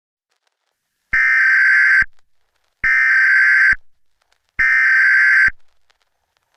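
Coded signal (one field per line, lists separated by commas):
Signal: Emergency Alert System (SAME) tones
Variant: header bursts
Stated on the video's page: Fictional alien invasion emergency alert scenario set in 2055.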